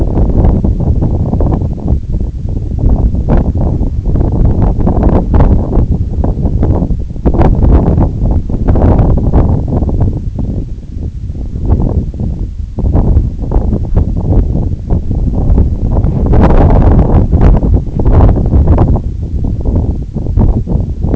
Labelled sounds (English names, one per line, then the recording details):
none
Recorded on Arctic tundra, site NAIT-1, on 2 July 2019
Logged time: 02:00